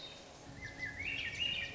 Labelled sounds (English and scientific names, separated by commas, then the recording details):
Swainson's Thrush (Catharus ustulatus)
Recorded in Sonoma County, California